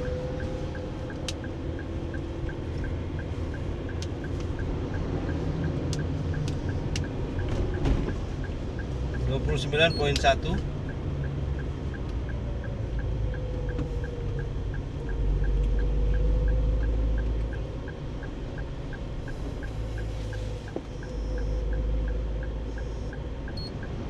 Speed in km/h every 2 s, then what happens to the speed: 27, 27, 28, 29, 29, 29, 30, 31, 33, 35, 37, 39.
0-13 steady at about 29. 13-24 speeds up to 39.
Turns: none.